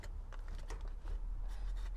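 The electrical plug for the fuel pump / fuel pressure sensor on a 2G DSM Eclipse is pushed back onto its socket on the fuel tank. Sharp clicks sound at 0.3 s and 0.7 s, with fainter ticks around them over a low steady rumble. The connector is seated and clicked in.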